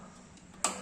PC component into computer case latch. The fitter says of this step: Lalu kita pasang sampai bunyi klik.